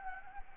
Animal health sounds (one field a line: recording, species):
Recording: mosquito wingbeat signal from an infrared sensor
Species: Anopheles gambiae